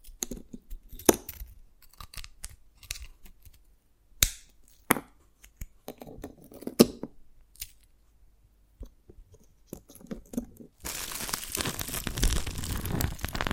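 Sharp, scattered taps and brittle cracks of dalgona candy pop out of near silence, then a dense, steady crackling rush takes over from about eleven seconds.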